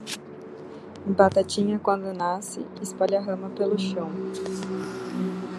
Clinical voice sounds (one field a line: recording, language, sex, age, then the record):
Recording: short text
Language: Brazilian Portuguese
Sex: female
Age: 20 to 29 years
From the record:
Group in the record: control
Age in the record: 29 years